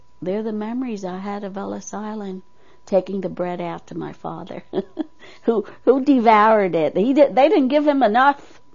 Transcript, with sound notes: they're the memories I had of Ellis Island. Taking the bread out to my father ( she laughs ) who, who devoured it. He didn't, they didn't give him enough.